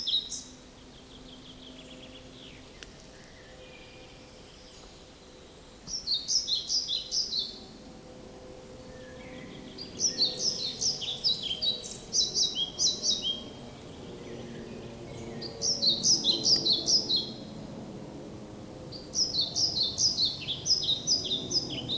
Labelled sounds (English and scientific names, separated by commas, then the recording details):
European Pied Flycatcher (Ficedula hypoleuca)
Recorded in the wild
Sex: male
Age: adult
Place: Mühlenbeck, Brandenburg, DE
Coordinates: 52.625, 13.404
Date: 1992-05-23 10:44
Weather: sonnig, 20-24°C, böiger Ost-Wind
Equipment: Nagra SN, Mikrofon AKG CK 8, Kopie Tesla B 116
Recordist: Tembrock, Günter